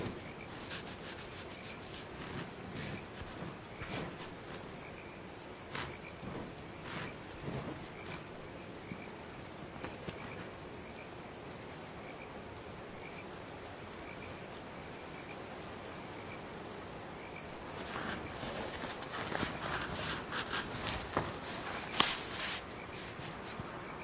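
Calm, steady rain falls throughout, with scattered drips and taps over a soft hiss. Insects chirp in a thin, regular pulse while frogs croak now and then. After about eighteen seconds the drips grow denser and louder.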